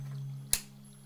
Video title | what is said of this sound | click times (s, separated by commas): Quantum Resonance Crystal Lites | hear a positive snap and that means it's in place | 0.5 s